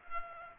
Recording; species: mosquito wingbeat signal from an infrared sensor; Aedes aegypti